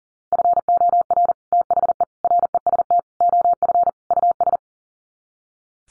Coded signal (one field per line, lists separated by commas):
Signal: Morse code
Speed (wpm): 40 wpm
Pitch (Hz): 700 Hz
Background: none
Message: FOR THE REST OF US